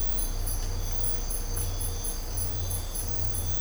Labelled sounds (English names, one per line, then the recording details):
none
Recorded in dense forest near Puerto Asís, Putumayo, Colombia, on 20 December 2024 at 05:00
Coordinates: 0.503, -76.323
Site G043